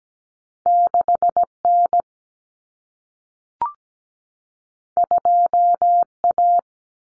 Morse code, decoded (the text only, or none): 6N 2A